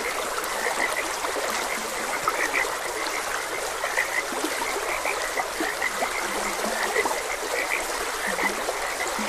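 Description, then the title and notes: Frog chorus of overlapping short croaks, occasional lower calls breaking through, with gently running water beneath. Frogs croaking beside a gentle stream. "Gentle Stream and Frogs Croaking. Sleep and Relaxation Podcast"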